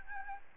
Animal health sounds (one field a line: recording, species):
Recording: mosquito wingbeat signal from an infrared sensor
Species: Aedes albopictus